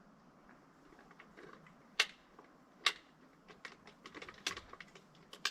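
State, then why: Seated. Retaining hooks that hold a telescoping ladder in place are fitted onto the ladder and snap home with sharp mechanical clicks at 2.0, 2.9, 4.5 and 5.5 seconds, amid quieter light tapping and handling sounds. The hooks lock into place.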